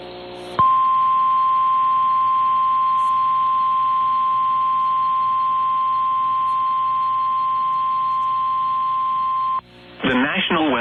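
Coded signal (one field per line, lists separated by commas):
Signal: Emergency Alert System (SAME) tones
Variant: 1050 Hz attention tone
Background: speech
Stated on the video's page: NOAA Weather Radio received on a Reecom R-1630 weather radio recorded with a Zoom H1; TV relay captured from a Dish Network DVR receiver.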